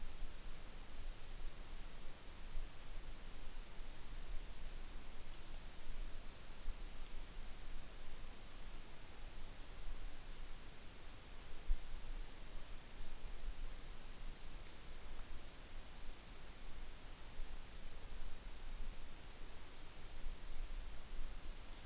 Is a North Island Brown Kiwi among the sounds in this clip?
no